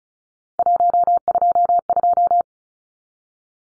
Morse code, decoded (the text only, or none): 122